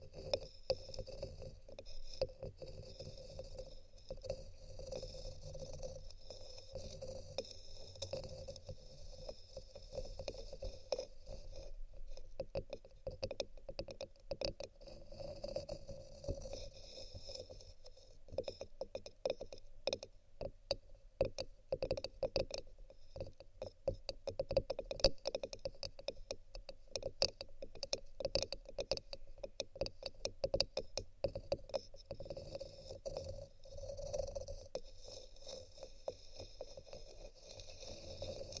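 Wooden items are tapped and scratched, sparse at first, then dense rapid clicking and scraping from about 12 to 35 seconds over a low hum.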